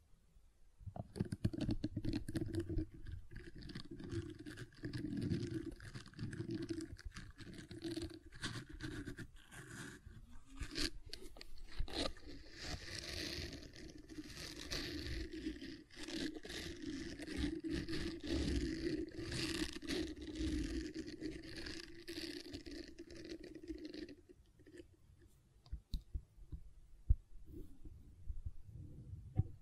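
Gentle silicon sounds: soft, dense rubbing and squishing scrapes with a low rumble and airy hiss run steadily, then thin to scattered taps near 24 seconds.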